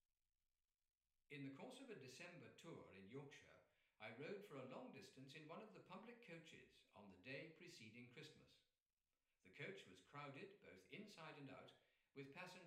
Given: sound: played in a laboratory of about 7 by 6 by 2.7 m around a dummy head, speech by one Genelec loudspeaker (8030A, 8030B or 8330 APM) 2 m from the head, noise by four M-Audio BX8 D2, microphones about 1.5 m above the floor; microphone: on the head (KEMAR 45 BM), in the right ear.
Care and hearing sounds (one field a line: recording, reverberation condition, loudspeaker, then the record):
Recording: male speech in English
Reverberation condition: medium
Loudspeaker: in front (0 degrees)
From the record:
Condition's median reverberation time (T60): about 510 ms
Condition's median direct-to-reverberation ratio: about -0.5 dB